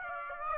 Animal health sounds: mosquito wingbeat signal from an infrared sensor; Aedes aegypti

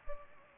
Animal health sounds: mosquito wingbeat signal from an infrared sensor; Culex pipiens

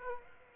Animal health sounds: mosquito wingbeat signal from an infrared sensor; Aedes aegypti

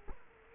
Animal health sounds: mosquito wingbeat signal from an infrared sensor; Culex quinquefasciatus

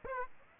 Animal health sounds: mosquito wingbeat signal from an infrared sensor; Aedes aegypti

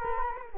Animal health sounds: mosquito wingbeat signal from an infrared sensor; Culex quinquefasciatus

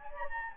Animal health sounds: mosquito wingbeat signal from an infrared sensor; Anopheles gambiae

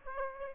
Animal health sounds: mosquito wingbeat signal from an infrared sensor; Aedes aegypti

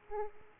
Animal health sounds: mosquito wingbeat signal from an infrared sensor; Aedes aegypti

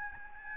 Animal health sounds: mosquito wingbeat signal from an infrared sensor; Aedes albopictus

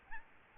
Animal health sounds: mosquito wingbeat signal from an infrared sensor; Aedes albopictus

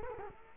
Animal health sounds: mosquito wingbeat signal from an infrared sensor; Culex quinquefasciatus

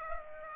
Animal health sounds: mosquito wingbeat signal from an infrared sensor; Aedes aegypti

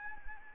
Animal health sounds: mosquito wingbeat signal from an infrared sensor; Anopheles arabiensis

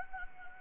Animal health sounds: mosquito wingbeat signal from an infrared sensor; Anopheles gambiae

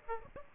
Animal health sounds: mosquito wingbeat signal from an infrared sensor; Aedes aegypti

